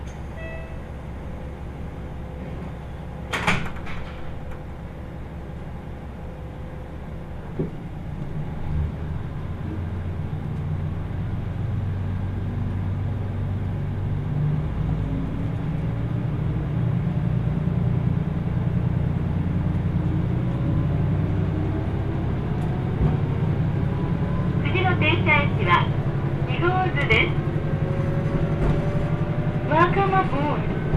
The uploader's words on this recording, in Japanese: 豊肥本線 九州横断特急3号 熊本→立野。列車はキハ185系の2両編成、しかもワンマン運転です。自由席と指定席が1両ずつ、自分は指定席のほうに座ります。